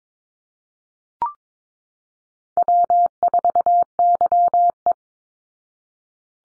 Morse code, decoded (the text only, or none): W4YE